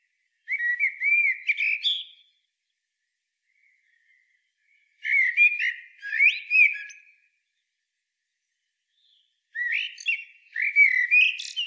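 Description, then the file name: Eurasian blackbird giving three fluted, warbling song phrases separated by pauses of a few seconds, each mixed with thin squeaky high notes. "Turdus merula"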